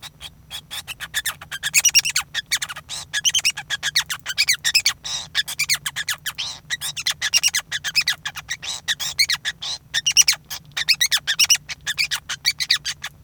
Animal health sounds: song of a male Bengalese finch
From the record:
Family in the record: son of father 5

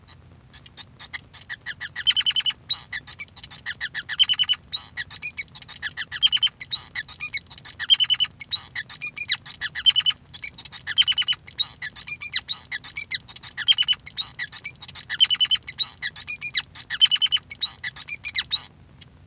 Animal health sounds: song of a male Bengalese finch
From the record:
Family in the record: son of father 5

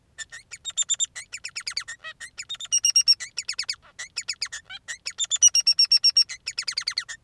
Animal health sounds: song of a male Bengalese finch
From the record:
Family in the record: son of father 3

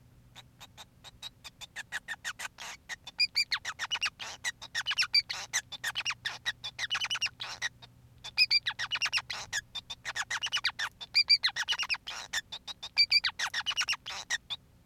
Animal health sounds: song of a male Bengalese finch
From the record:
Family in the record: son of father 5

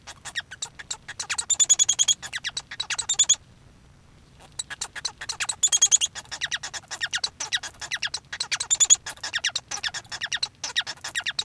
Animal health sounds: song of a male Bengalese finch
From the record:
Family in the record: son of father 1

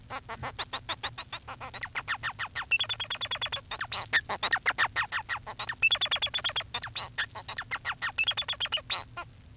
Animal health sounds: song of a male Bengalese finch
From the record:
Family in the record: son of father 4

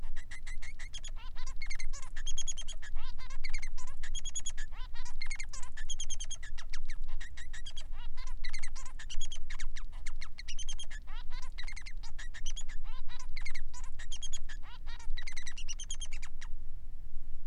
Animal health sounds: song of a male Bengalese finch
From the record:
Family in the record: son of father 3

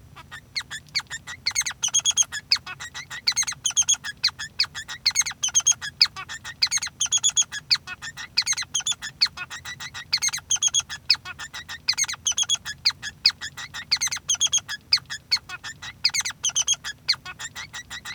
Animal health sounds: song of a male Bengalese finch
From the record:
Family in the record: son of father 3

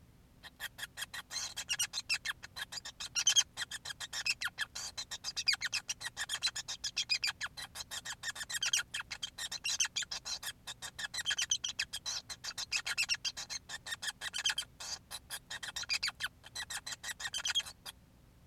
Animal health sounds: song of a male Bengalese finch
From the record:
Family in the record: son of father 5

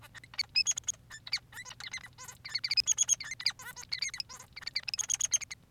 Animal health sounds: song of a male Bengalese finch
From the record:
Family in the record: son of father 3

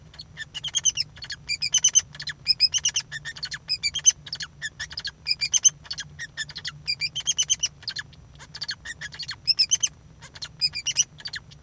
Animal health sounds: song of a male Bengalese finch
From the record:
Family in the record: son of father 2

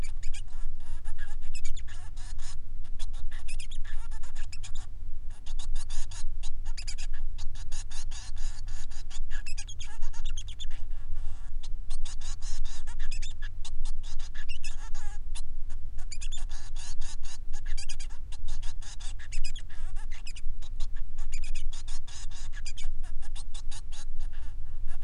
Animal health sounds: song of a male Bengalese finch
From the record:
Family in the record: son of father 3

